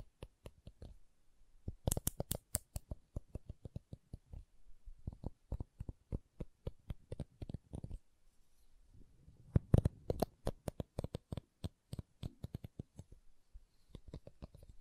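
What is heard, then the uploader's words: Wooden tapping and clicking in quick bursts, dense runs of sharp knocks separated by brief pauses around 1, 4.5 and 8.5 seconds. Some taps are bright and crisp, others duller, with a soft low rustle or rubbing near the ninth and tenth seconds. ASMR Calming Wood Triggers for Sleep (No Talking).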